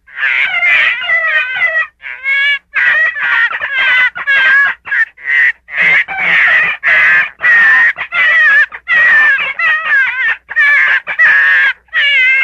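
Gray fox voicing a long sequence of warbling, scratchy cries with wavering pitch, broken by short silent gaps.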